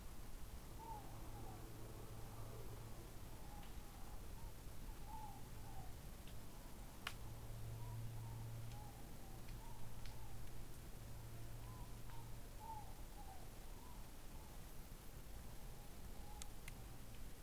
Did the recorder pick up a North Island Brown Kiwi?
no